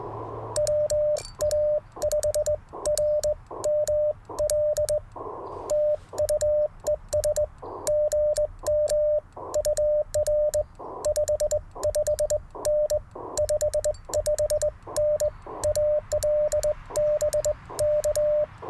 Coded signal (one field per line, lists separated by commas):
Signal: Morse code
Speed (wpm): 20 wpm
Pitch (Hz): 600 Hz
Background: radio noise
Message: WA5RML TU ES GM UR 55N 55N AL BK